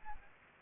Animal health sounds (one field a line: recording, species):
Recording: mosquito wingbeat signal from an infrared sensor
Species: Aedes aegypti